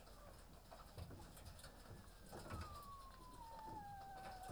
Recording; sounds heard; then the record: poultry house recording; healthy chickens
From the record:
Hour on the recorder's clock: 18